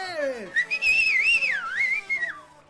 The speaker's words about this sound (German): Auf einem Tisch in der Mitte des Raumes tanzt ein junges, schlankes Mädchen unter lauten Pfiffen und Jubel einiger betrunkener Männer.